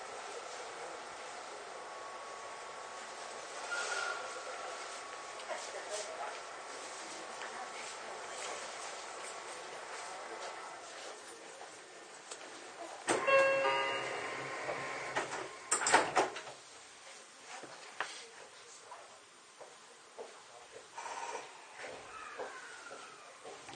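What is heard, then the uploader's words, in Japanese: Inside a Sotetsu 20000 series train running between Yokohama and Shonandai, a steady rushing noise carries faint whining tones. Around 13 and 16 seconds come louder bursts of clattering and rattling, followed by scattered knocks and thuds as the ride continues. 相鉄20000系 横浜ー湘南台。快速に乗車し、録音。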